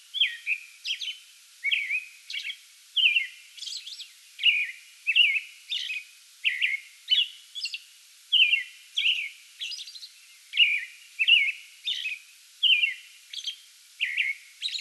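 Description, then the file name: American robin in a steady song bout: a run of rich whistled phrases mixed with high, thin squeaky notes. Pre-dawn song bout recorded on 8 May 2022. "2022-05-08 American Robin pre-dawn song bout"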